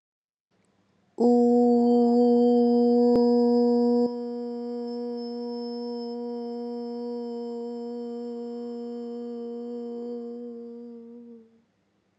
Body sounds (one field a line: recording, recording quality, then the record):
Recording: sustained vowel as in boot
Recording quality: excellent, no background noise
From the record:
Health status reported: COVID-19 positive, mild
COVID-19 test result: positive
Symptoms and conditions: fatigue, muscle pain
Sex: female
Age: 25 years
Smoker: not ticked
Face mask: not worn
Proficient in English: yes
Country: India